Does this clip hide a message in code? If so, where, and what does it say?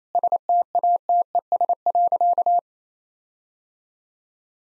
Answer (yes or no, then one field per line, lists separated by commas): yes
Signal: Morse code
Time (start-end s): 0.2-2.6 s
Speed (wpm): 28 wpm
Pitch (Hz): 700 Hz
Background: none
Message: STATES.